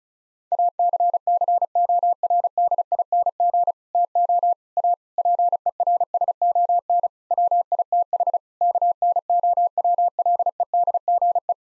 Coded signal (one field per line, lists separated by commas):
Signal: Morse code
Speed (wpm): 36 wpm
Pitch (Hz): 700 Hz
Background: none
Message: ACCORDING TO A PERSON WITH KNOWLEDGE